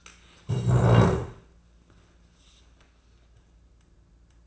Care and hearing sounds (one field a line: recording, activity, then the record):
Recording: daily activity, microphone in the room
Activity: stand up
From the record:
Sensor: 2